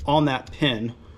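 A man talks while working on the trigger group of a Benelli M4, pressing down the slide stop lever's finger while keeping pressure on the pin so the hammer spring cap and its parts can lock into place. The clip ends before the parts go home; nothing has seated or clicked yet.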